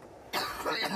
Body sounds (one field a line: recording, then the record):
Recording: coughing mixed with background sound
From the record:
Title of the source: choking, hacking coughing